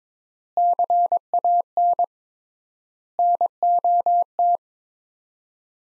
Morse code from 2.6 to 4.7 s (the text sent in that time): NOT